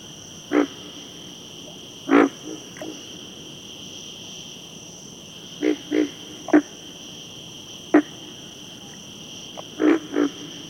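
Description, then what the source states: Pig frog giving short, low grunts, singly and in pairs, spaced irregularly throughout, against a steady high insect drone. Texas.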